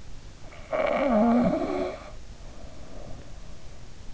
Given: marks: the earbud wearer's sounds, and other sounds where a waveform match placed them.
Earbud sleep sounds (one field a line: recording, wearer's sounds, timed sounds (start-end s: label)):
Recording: sounds in sleep by an in-ear microphone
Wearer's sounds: snoring breath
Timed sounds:
0.67-3.38 s: snoring breath